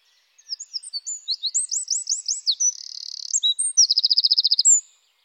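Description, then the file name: Eurasian wren song, a rapid cascade of thin high notes and rising slurs leading into a buzzy trill and a loud quick rattle, then a final short whistle. "troglodyte"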